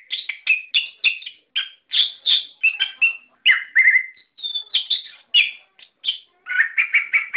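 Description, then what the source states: Songbird song of quick chips and buzzy notes, a few downslurred whistles, ending in a rapid run of repeated notes. Masteran, song-training audio used for cage birds.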